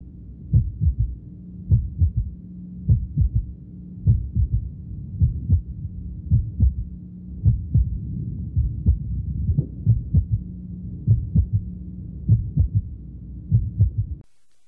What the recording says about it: An S3 is an extra sound heard best with the bell of the stethoscope over the apex of the left ventricle. It is the sound of left ventricular failure, generally a dilated hypocontractile ventricle. It is heard best with the patient in the left lateral decubitus position. There will be a very prominent third heart sound. You'll hear.